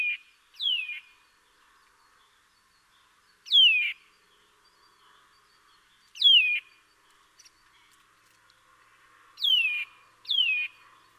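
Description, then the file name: Eurasian nuthatch calls: loud, sharp downslurred whistled notes, given singly or in pairs every few seconds, with faint background bird notes. "Sitta europaea"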